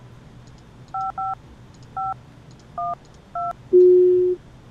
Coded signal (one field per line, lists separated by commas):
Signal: DTMF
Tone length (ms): 180 ms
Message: 55512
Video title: Coder Kitty Reviews: Dystech 3 Prim Keypad Controlled Security Door System 1.0.0